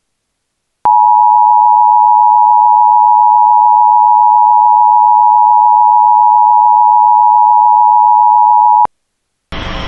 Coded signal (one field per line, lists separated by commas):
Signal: Emergency Alert System (SAME) tones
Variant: 853 and 960 Hz attention tone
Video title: EAS 2023 Florida Statewide Tornado Drill NOAA Weather Radio